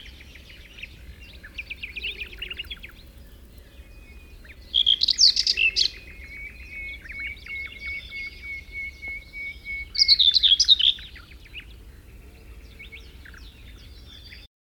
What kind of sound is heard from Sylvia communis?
song